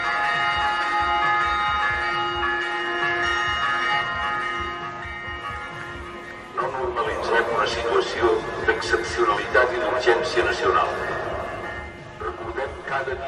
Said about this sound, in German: Moment, ich habe hier das Rathaus von Wick, die Lautsprecheranlage. Da ist er. Wirklich ein ohrenbetäubendes Glockenlärmen.